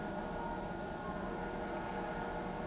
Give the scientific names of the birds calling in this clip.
none